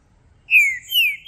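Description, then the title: Green-winged saltator giving two long, clear whistled notes that slide slightly downward. Song played to warm up a caged bird for a singing contest, to make it call, sing and show male aggression, with several song types. "Esse É PERFEITO Para ESQUENTAR Seu TRINCA Piando, Cantando E Macheando Na DISPUTA. Trinca Ferro VALENTE! VIRANDO VARIOS TIPOS DE CANTOS!! Melhor para ABRIR O CANTO!!"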